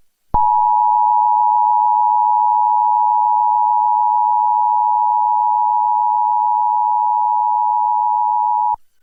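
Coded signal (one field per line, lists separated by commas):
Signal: Emergency Alert System (SAME) tones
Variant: 853 and 960 Hz attention tone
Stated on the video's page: Mock reenactment of a Texas Required Monthly Test using valid EAS tones.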